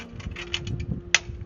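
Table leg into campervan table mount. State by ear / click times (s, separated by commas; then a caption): seated / 1.2 s. A campervan table leg is tightened into its table mount, with several faint ticks and scrapes followed by a sharp, loud click at 1.2 seconds. The leg is locked in place.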